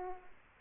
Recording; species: mosquito wingbeat signal from an infrared sensor; Aedes aegypti